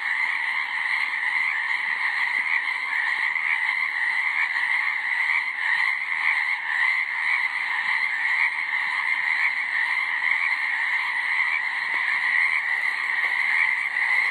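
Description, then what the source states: Frog chorus, a dense continuous wall of many calling frogs, steady throughout with no pauses and no other sounds standing out. Chorus, 1 April 2016.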